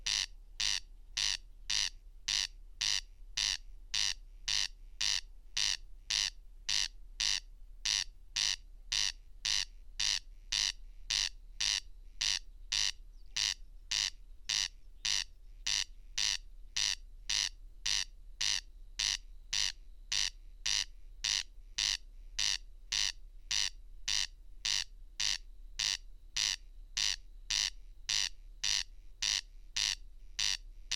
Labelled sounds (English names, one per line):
Corn Crake song